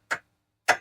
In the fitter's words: there's the click